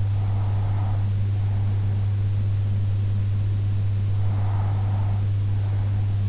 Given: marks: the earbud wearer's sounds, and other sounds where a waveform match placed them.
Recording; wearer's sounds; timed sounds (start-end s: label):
sounds in sleep by an in-ear microphone; breath
0.00-1.99 s: breath
3.99-5.99 s: breath